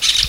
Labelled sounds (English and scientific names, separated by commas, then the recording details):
Brown-throated Parakeet (Eupsittula pertinax) contact call
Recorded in Venezuela
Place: Guárico; Corozopando; Fundo La Fe
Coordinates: 8.506, -67.593